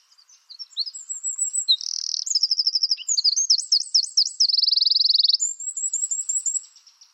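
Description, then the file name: Eurasian wren singing a vigorous, very high song of quick chirps, rattled trills and rolling warbled notes, ending in a steady machine-gun trill and light twitter. "Troglodytes troglodytes"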